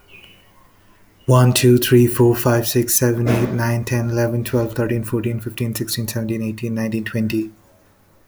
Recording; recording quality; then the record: counting at a fast pace; excellent, no background noise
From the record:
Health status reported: healthy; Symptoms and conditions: none ticked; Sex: male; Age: 37 years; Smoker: not ticked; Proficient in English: yes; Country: India